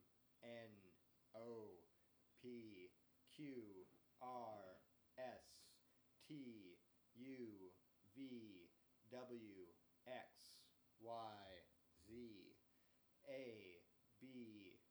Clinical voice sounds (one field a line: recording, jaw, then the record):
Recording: letters of the alphabet, spoken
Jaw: free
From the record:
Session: first day, before the bite bar